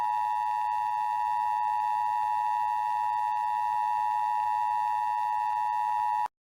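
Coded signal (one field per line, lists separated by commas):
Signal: Emergency Alert System (SAME) tones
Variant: 853 and 960 Hz attention tone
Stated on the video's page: Fictional EAS scenario recreating alerts from a northeast snowstorm.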